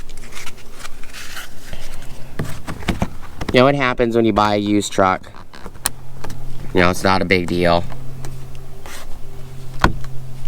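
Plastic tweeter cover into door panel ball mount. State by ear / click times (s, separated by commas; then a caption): seated / 9.8 s. A plastic door tweeter cover is pushed in pretty far onto its ball-stud mount on the door of a 1996–2002 4Runner truck, while someone talks and music plays. Scattered taps and handling noises come before a sharp pop at 9.8 s as the cover pops into place with no issues. It now sits smooth and flush.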